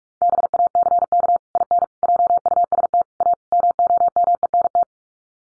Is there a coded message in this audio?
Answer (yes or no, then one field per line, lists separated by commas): yes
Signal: Morse code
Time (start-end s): 0.2-4.8 s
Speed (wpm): 44 wpm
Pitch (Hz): 700 Hz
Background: none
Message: BACK IN JUST A MOMENT